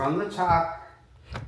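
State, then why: Seated. A man talks as the male connector end is pushed down from the top into the female end between sections of a Member's Mark Cooper power recliner leather sofa. A short, sharp click at 1.4 s shows the connector has seated in place.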